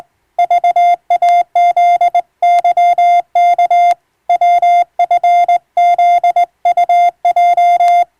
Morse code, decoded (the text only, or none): VAZYK WFZUJ